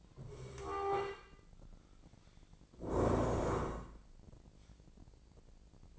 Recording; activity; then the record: daily activity, microphone in the room; stand up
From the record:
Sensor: 5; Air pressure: 1012.4 hPa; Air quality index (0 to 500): 160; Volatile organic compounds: 2 ppm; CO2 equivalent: 1092 ppm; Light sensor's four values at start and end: 264/628/270/300 and 267/635/272/303